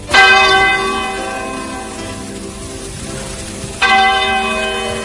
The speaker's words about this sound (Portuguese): E quando o ponteiro daquele relógio da torre da igreja deu meia-noite, começou a tocar.